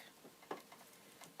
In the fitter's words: you will actually hear it click and